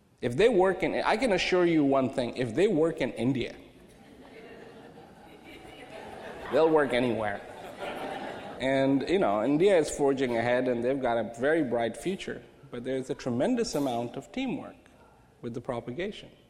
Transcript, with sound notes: If they work in, I can assure you one thing, if they work in India (laughter) they'll work anywhere and, you know, India's forging ahead, they've got a very bright future but there's a tremendous amount of teamwork with the propagation